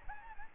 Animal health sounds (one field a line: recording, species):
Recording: mosquito wingbeat signal from an infrared sensor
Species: Aedes albopictus